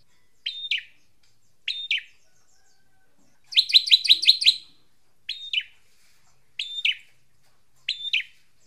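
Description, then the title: Drongo song with spaced pairs of sharp squeaky notes, broken by a fast chattering run of bright repeated notes in the middle. "Suara Srigunting. Hobiburung"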